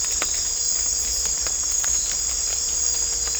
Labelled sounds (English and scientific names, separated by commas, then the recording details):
none
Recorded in dense forest near Puerto Asís, Putumayo, Colombia, on 18 December 2024 at 01:00
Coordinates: 0.500, -76.322
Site G053